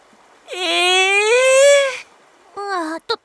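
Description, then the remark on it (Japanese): A puppy whimpers twice, first a long, high, slightly rising whine, then a shorter one, followed by a quick little yip. The whines are fairly loud and there's no talking. “ところでエコロ、その子犬に名前はつけたの？”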